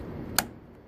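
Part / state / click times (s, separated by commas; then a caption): front hood panel into body latch clip / seated / 0.4 s. The second side of a Smart car's front hood panel is pivoted and squared up into its body latch clip, and a single sharp, bright click sounds at 0.4 s over a low background rumble. The panel snaps home and sits seated, solid as a rock.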